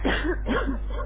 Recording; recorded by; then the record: voluntary cough; telephone call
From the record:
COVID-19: positive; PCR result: checked with the laboratory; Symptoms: no